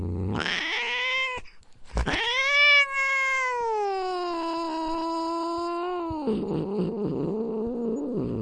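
Domestic cat giving a short yowl, then a long, drawn-out yowl that holds steady for several seconds before dropping into a rough, low growling rumble.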